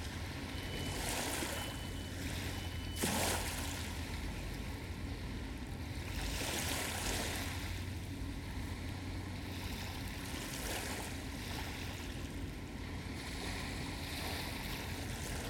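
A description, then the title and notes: Waves lap steadily at a tidal river beach in washes every couple of seconds, over a constant low city rumble, with a sharp clank near three seconds. River Thames tidal beach, London, UK. By Joe Harvey-Whyte. Made on the tidal beach on the river Thames watching people mudlarking just under Waterloo bridge.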